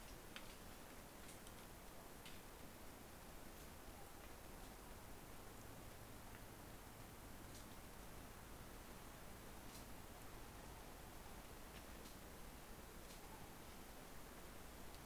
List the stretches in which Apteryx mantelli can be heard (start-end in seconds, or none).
none